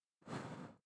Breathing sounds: one breath near a microphone; exhalation

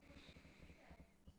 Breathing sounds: one breath near a microphone; inhalation

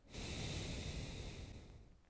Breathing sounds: one breath near a microphone; exhalation

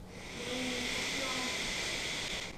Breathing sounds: one breath near a microphone; inhalation

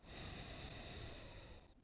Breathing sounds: one breath near a microphone; exhalation

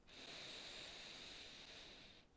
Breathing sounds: one breath near a microphone; inhalation

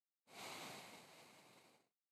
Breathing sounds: one breath near a microphone; exhalation

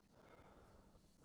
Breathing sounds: one breath near a microphone; inhalation

